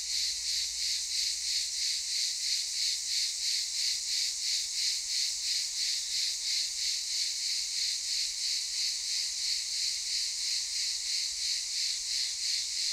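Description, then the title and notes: Cicadas producing an unbroken, intense buzzing drone, rhythmically pulsing about three times per second from start to finish. Cicadas recorded in daytime at Aylak Yaşam Camp, Çıralı, Kemer, Antalya, Turkey. "Ulupınar Mahallesi, Çıralı Yolu, 07980 Kemer/Antalya, Turkey - Cicadas daytime. Aylak Yaşam Camp, cicadas in daytime"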